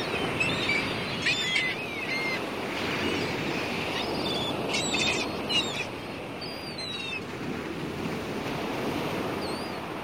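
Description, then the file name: Gulls scream in short cries, several spread throughout, above loud continuous surf. Gulls screaming over the sound of the sea. "CHaiki krichat nad shumom morya"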